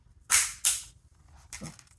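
A screwdriver is twisted into the seam of a sealed hard plastic comic book grading case to break open one of its corner locking tabs. Two sharp, bright cracking pops ring out at 0.3 s and 0.7 s as the tab pops open and releases, followed by a softer scrape and click near 1.5 s and 1.8 s.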